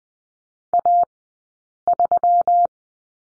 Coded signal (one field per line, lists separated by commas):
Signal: Morse code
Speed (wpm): 20 wpm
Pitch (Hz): 700 Hz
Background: none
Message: A3